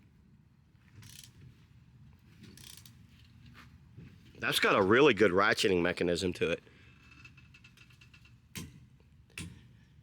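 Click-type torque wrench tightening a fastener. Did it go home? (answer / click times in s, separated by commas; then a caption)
yes / 9.4 s. An Amazon 1/2-inch drive click-type torque wrench (10–110 ft-lb) tightens a fastener on a car, giving quiet ratchet clicks around 1.1–1.2 s and 2.7–2.9 s while someone talks in the middle. More soft ratcheting follows around 7.4–8.1 s, then one sharp, loud click at 9.4 s as the wrench reaches its set torque.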